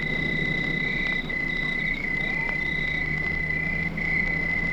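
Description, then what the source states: Crickets keep up a steady, shrill continuous trill over a low background rumble. Crickets at night.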